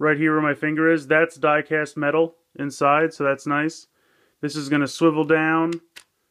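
Someone talks while handling the leg swivel joint of a Mighty Morphin Power Rangers Legacy White Tigerzord transforming toy robot, a plastic joint with diecast metal inside that swivels down until it locks. Only speech is heard, and the joint has not yet clicked into place or seated.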